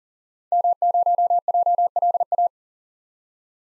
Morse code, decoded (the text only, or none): M0JLA